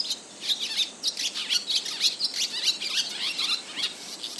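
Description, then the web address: Barn swallow twittering: a continuous run of quick, high, scratchy chirps with no pause throughout. "izumino saunndo tubame"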